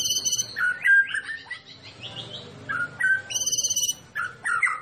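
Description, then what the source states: White-rumped shama song: varied slurred whistles and rich mid-pitched phrases, with bursts of high trilled notes between them. Recording used as masteran, training song for songbirds; described as a champion bird.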